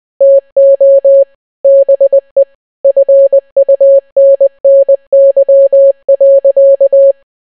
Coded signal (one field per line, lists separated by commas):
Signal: Morse code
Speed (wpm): 20 wpm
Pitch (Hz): 550 Hz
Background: none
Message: TO BE FUNNY.